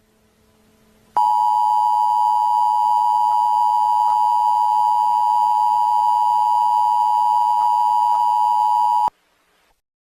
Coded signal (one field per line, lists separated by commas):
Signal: Emergency Alert System (SAME) tones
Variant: 853 and 960 Hz attention tone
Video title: S1 E7: Emergency Alert System